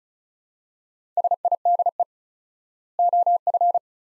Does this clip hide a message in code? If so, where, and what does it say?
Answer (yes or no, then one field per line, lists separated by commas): yes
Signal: Morse code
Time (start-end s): 1.2-3.8 s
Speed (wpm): 34 wpm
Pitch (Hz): 700 Hz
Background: none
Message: SIDE OF